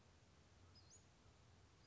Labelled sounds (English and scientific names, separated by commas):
Western Flycatcher (Empidonax difficilis)